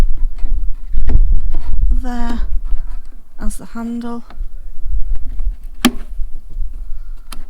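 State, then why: Seated. A new lock barrel is pushed into a caravan door handle assembly while someone talks, with light handling taps in the background. A sharp, loud snap at 5.8 s marks the barrel locking into place, followed by a smaller click at 7.3 s. The barrel is seated and pushes up and down as intended.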